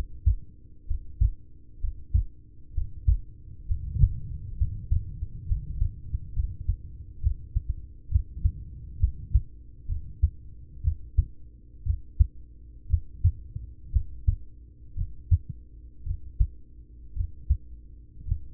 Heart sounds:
heart sounds by stethoscope; 62 bpm
0.84 s: heartbeat
1.77 s: heartbeat
2.71 s: heartbeat
3.63 s: heartbeat
4.54 s: heartbeat
5.45 s: heartbeat
6.32 s: heartbeat
7.20 s: heartbeat
8.08 s: heartbeat
8.97 s: heartbeat
9.85 s: heartbeat
10.81 s: heartbeat
11.82 s: heartbeat
12.86 s: heartbeat
13.89 s: heartbeat
14.93 s: heartbeat
16.02 s: heartbeat
17.13 s: heartbeat
18.23 s: heartbeat
From the record:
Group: heart failure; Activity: breath hold 0-6 s, rest 6-19 s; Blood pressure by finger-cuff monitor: 97/49 mmHg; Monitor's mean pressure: 67 mmHg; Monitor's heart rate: 63 bpm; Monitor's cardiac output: 5.3 L/min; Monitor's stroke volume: 79 mL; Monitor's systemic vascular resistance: 880 dyn s/cm5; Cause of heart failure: ischemic heart disease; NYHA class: 1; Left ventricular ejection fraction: 33%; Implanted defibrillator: present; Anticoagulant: apixaban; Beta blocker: carvedilol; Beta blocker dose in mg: 18.75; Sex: male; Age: 39 years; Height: 168 cm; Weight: 72 kg

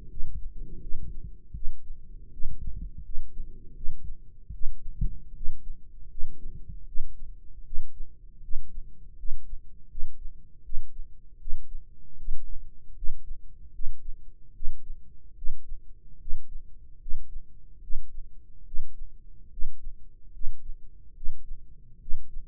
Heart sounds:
heart sounds by microphone in the right ear; 77 bpm
0.07 s: heartbeat
0.79 s: heartbeat
1.52 s: heartbeat
2.30 s: heartbeat
3.02 s: heartbeat
3.73 s: heartbeat
4.51 s: heartbeat
5.33 s: heartbeat
6.08 s: heartbeat
6.85 s: heartbeat
7.63 s: heartbeat
8.41 s: heartbeat
9.16 s: heartbeat
9.88 s: heartbeat
10.62 s: heartbeat
11.38 s: heartbeat
12.16 s: heartbeat
12.94 s: heartbeat
13.72 s: heartbeat
14.53 s: heartbeat
15.34 s: heartbeat
16.18 s: heartbeat
16.98 s: heartbeat
17.80 s: heartbeat
18.64 s: heartbeat
19.49 s: heartbeat
20.31 s: heartbeat
21.13 s: heartbeat
21.99 s: heartbeat
From the record:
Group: healthy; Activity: rest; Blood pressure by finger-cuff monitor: 138/81 mmHg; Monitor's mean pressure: 100 mmHg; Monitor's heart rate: 77 bpm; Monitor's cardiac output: 6.8 L/min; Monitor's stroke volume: 89 mL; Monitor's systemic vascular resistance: 1080 dyn s/cm5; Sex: male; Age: 21 years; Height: 180 cm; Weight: 67.5 kg

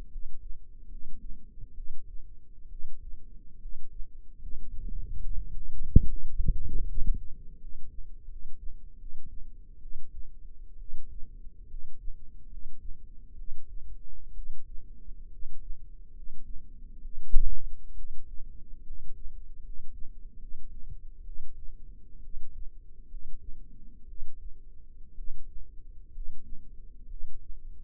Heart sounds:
heart sounds by microphone in the left ear; 69 bpm
0.07 s: heartbeat
0.86 s: heartbeat
1.71 s: heartbeat
2.66 s: heartbeat
3.57 s: heartbeat
4.35 s: heartbeat
5.19 s: heartbeat
6.04 s: heartbeat
6.83 s: heartbeat
7.56 s: heartbeat
8.25 s: heartbeat
8.95 s: heartbeat
9.78 s: heartbeat
10.75 s: heartbeat
11.65 s: heartbeat
12.46 s: heartbeat
13.33 s: heartbeat
14.31 s: heartbeat
15.27 s: heartbeat
16.11 s: heartbeat
16.99 s: heartbeat
17.92 s: heartbeat
18.82 s: heartbeat
19.59 s: heartbeat
20.36 s: heartbeat
21.21 s: heartbeat
22.19 s: heartbeat
23.05 s: heartbeat
24.04 s: heartbeat
25.12 s: heartbeat
26.09 s: heartbeat
27.05 s: heartbeat
From the record:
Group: healthy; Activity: rest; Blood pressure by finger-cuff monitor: 105/59 mmHg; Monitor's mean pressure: 70 mmHg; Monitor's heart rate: 70 bpm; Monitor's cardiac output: 7.8 L/min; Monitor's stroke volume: 111 mL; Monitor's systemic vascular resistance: 640 dyn s/cm5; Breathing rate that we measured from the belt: 16 breaths a minute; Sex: male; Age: 22 years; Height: 185 cm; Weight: 112.4 kg

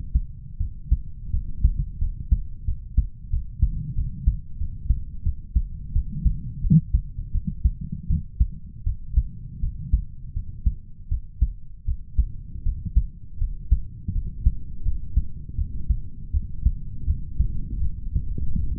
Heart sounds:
heart sounds by stethoscope; 83 bpm
0.57 s: heartbeat
1.30 s: heartbeat
1.98 s: heartbeat
2.64 s: heartbeat
3.29 s: heartbeat
3.94 s: heartbeat
4.57 s: heartbeat
5.22 s: heartbeat
5.92 s: heartbeat
6.60 s: heartbeat
7.31 s: heartbeat
8.07 s: heartbeat
8.83 s: heartbeat
9.59 s: heartbeat
10.32 s: heartbeat
11.08 s: heartbeat
11.84 s: heartbeat
12.62 s: heartbeat
13.37 s: heartbeat
14.11 s: heartbeat
14.82 s: heartbeat
15.55 s: heartbeat
16.30 s: heartbeat
17.04 s: heartbeat
17.80 s: heartbeat
18.56 s: heartbeat
From the record:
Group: healthy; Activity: rest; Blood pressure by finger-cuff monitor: 94/67 mmHg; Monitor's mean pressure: 76 mmHg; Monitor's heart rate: 81 bpm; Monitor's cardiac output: 6.1 L/min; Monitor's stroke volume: 72 mL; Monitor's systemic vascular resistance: 900 dyn s/cm5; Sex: male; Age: 20 years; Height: 187 cm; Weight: 68.9 kg

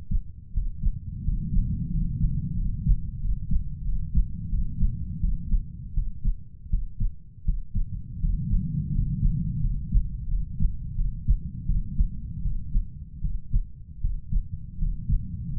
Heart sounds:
heart sounds by stethoscope; 84 bpm
0.53 s: heartbeat
1.24 s: heartbeat
1.91 s: heartbeat
2.56 s: heartbeat
3.20 s: heartbeat
3.84 s: heartbeat
4.50 s: heartbeat
5.20 s: heartbeat
5.94 s: heartbeat
6.70 s: heartbeat
7.45 s: heartbeat
8.20 s: heartbeat
8.92 s: heartbeat
9.61 s: heartbeat
10.28 s: heartbeat
10.96 s: heartbeat
11.66 s: heartbeat
12.42 s: heartbeat
13.21 s: heartbeat
14.01 s: heartbeat
14.78 s: heartbeat
15.53 s: heartbeat
From the record:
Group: healthy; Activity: cold pressor test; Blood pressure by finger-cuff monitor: 121/78 mmHg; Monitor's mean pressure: 95 mmHg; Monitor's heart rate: 83 bpm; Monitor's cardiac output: 7.3 L/min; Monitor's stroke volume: 87 mL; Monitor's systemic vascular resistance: 950 dyn s/cm5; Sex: male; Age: 33 years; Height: 179 cm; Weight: 80.4 kg

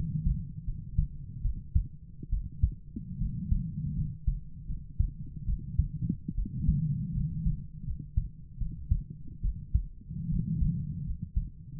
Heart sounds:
heart sounds by stethoscope; 76 bpm
0.66 s: heartbeat
1.43 s: heartbeat
2.31 s: heartbeat
3.19 s: heartbeat
3.96 s: heartbeat
4.67 s: heartbeat
5.46 s: heartbeat
6.36 s: heartbeat
7.14 s: heartbeat
7.85 s: heartbeat
8.59 s: heartbeat
9.43 s: heartbeat
10.30 s: heartbeat
11.05 s: heartbeat
11.77 s: heartbeat
From the record:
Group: healthy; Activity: rest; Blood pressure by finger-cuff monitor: 114/54 mmHg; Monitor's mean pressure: 76 mmHg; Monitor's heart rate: 76 bpm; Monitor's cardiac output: 7.6 L/min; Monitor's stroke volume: 100 mL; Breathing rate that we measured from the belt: 16 breaths a minute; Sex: female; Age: 22 years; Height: 160 cm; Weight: 63 kg

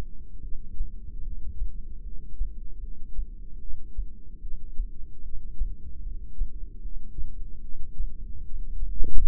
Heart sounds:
heart sounds by microphone in the left ear; 75 bpm
0.42 s: heartbeat
1.23 s: heartbeat
2.03 s: heartbeat
2.81 s: heartbeat
3.60 s: heartbeat
4.41 s: heartbeat
5.23 s: heartbeat
6.03 s: heartbeat
6.82 s: heartbeat
7.61 s: heartbeat
8.44 s: heartbeat
9.24 s: heartbeat
From the record:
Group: heart failure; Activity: rest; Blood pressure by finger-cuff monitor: 168/101 mmHg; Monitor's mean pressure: 127 mmHg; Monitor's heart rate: 75 bpm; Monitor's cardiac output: 8.4 L/min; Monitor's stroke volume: 112 mL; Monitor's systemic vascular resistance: 1130 dyn s/cm5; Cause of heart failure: non-ischemic cardiomyopathy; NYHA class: 1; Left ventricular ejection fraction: 62%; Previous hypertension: present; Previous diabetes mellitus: present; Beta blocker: bisoprolol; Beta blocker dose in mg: 10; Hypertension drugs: sacubitril-valsartan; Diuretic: furosemide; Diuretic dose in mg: 20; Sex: male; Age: 49 years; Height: 167 cm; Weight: 110 kg

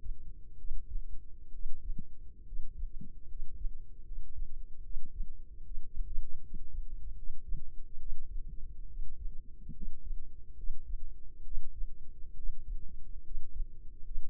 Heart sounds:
heart sounds by microphone in the left ear; 71 bpm
0.54 s: heartbeat
1.49 s: heartbeat
2.42 s: heartbeat
3.24 s: heartbeat
4.01 s: heartbeat
4.80 s: heartbeat
5.61 s: heartbeat
6.39 s: heartbeat
7.13 s: heartbeat
7.96 s: heartbeat
8.85 s: heartbeat
9.71 s: heartbeat
10.53 s: heartbeat
11.41 s: heartbeat
12.33 s: heartbeat
13.20 s: heartbeat
14.01 s: heartbeat
From the record:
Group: healthy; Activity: rest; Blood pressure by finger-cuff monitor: 134/80 mmHg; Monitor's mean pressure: 93 mmHg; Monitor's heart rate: 69 bpm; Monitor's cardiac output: 5.1 L/min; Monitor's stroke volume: 75 mL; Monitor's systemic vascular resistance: 1360 dyn s/cm5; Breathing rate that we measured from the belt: 18 breaths a minute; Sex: male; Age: 20 years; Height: 167 cm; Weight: 61 kg

